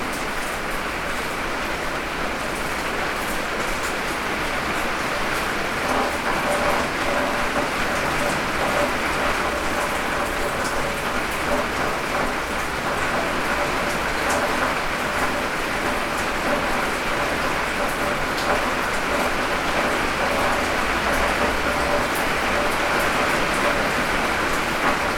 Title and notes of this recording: Rain on a shed. The rainwater tickles onto the shed roof and onto the gutter and runs down the downspout and drips onto the ground.